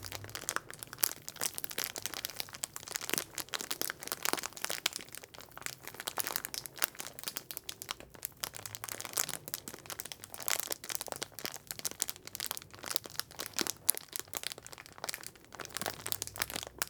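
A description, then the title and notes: A plastic bag crackles and crinkles nonstop for the whole stretch, a dense, irregular run of sharp, bright snaps and rustles with frequent louder bursts. A faint low rumble comes now and then underneath. Plastic Bag Crackle.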